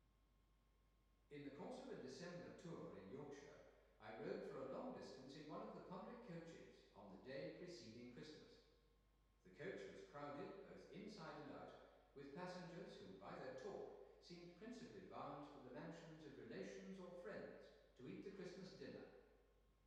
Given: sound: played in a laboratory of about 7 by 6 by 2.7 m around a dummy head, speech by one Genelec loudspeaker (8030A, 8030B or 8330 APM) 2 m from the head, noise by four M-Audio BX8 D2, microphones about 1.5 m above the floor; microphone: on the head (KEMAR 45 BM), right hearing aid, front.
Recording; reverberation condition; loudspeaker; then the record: male speech in English; high; 150 degrees to the left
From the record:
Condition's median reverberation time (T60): about 1300 ms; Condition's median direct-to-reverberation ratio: about -4.0 dB